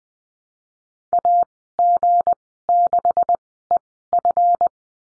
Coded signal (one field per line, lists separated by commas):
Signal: Morse code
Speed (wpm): 20 wpm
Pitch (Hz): 700 Hz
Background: none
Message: A G 6 E F